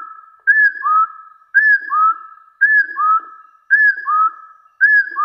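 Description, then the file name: Hill partridge repeating a two-part whistle, high slurred note then lower rising note, about once a second. "Tieng ga so nui"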